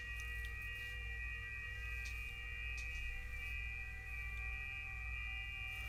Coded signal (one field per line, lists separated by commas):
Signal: FT8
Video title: 30 METER MAGNETIC LOOP (HOMEBREW)!